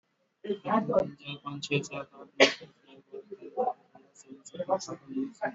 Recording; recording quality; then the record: counting at a normal pace; poor, much background noise or distortion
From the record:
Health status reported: exposed to COVID-19, no respiratory illness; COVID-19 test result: not tested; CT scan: not taken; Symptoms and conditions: none ticked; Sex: male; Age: 37 years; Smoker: no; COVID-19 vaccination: both doses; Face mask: worn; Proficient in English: yes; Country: India